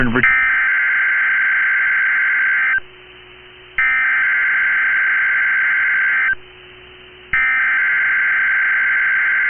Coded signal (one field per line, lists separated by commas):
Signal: Emergency Alert System (SAME) tones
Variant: header bursts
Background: speech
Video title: First SVR of 2024? | 1/9/24 - HUGE Severe Thunderstorm Warning on KHB37 (EAS #967)